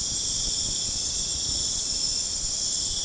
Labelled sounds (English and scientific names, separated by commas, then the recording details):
none
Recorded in pastures near Puerto Asís, Putumayo, Colombia, on 25 June 2025 at 23:00
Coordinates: 0.496, -76.326
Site GP01